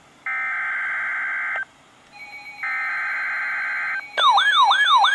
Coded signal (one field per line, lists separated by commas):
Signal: Emergency Alert System (SAME) tones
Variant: header bursts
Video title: Severe Thunderstorm Warning (EAS #35)